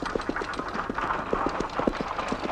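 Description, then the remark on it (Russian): Hooves clop in a steady, brisk rhythm as horses pull a cart, the sharp knocks repeating evenly over a low rumbling background. “На поле работает трактор и запряженные плугом лошади.”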